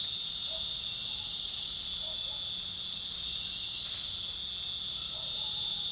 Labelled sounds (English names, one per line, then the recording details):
none
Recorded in dense forest near Puerto Asís, Putumayo, Colombia, on 8 March 2025 at 20:30
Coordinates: 0.484, -76.317
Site G064